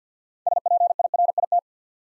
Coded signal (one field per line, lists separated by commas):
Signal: Morse code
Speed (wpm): 50 wpm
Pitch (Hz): 700 Hz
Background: none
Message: SPIRIT